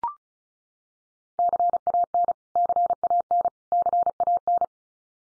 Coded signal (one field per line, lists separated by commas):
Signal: Morse code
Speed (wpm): 34 wpm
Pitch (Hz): 700 Hz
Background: none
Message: CAN CAN CAN